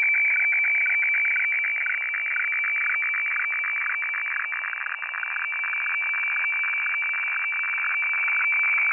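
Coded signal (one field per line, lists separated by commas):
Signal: weather fax (radiofax)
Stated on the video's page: Weather fax from Hamburg, Germany, received in Denmark on an Airspy HF+ SDR.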